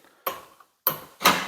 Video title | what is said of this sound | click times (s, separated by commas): Don't Make This Mistake With The Dewalt Track Saw | okay it's clicked in now I'm going to go ahead | 0.9 s